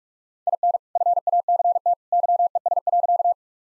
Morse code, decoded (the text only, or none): IN FACT YES.